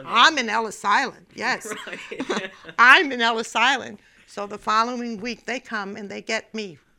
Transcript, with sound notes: I'm in Ellis Island, yes. (they laugh) I'm in Ellis Island. So the following week they come and they get me.